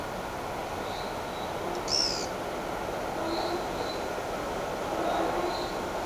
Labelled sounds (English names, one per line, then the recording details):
none
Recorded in shrubland near Pivijay, Magdalena, Colombia, on 14 April 2023 at 15:30
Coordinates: 10.453, -74.365
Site P5-G022